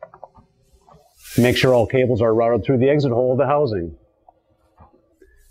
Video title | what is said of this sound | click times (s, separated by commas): i-Pilot Installation on a RiptideSP | push down on the center housing until the side fingers lock into place | 0.0 s, 0.1 s, 0.2 s